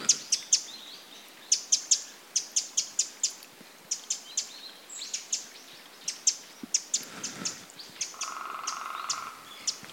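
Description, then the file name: Eurasian wren uttering hard, high tick notes in rapid runs, nearly continuous, with a brief steady hum near the end. "Troglodytes troglodytes"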